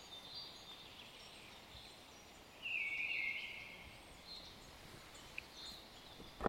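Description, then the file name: Eurasian nuthatch call, a single brief burst of rapid notes midway through, against constant hiss. "Sitta europaea"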